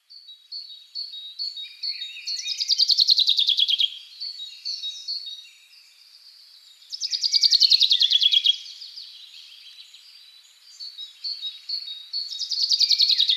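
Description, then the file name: Common chaffinch delivering repeated cascading trills that drop in pitch, three phrases about five seconds apart, over a background of high whistled notes and soft chirps. "Fringilla coelebs"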